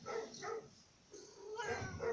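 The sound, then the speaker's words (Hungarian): A cat lets out a series of short, whiny meows, several brief high-pitched cries followed by a lower, drawn-out one and a final longer plaintive call, with no talking. “Mi van, cica, mi?”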